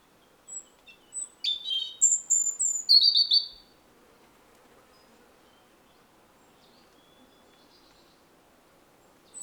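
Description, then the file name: European robin song: a short burst of high whistles and tumbling twittery notes lasting about three seconds, then near silence with faint notes. "Erithacus rubecula"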